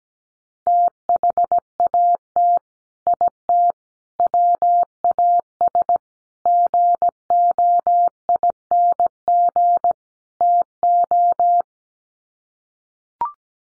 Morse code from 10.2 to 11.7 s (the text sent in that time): TO